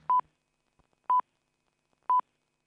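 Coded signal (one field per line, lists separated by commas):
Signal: speaking clock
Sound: three short identical beeps at about 1 kHz, evenly spaced one second apart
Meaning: The third pip marks the exact time just announced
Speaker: at the third stroke the time will be 6:00 precisely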